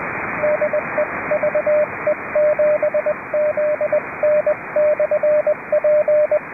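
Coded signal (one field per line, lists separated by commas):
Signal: Morse code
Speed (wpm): 20 wpm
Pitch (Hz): 590 Hz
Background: radio noise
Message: DEVE7ZN/P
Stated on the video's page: British Columbia Public Service Net on 3.729 MHz, net control operating remotely from a boat.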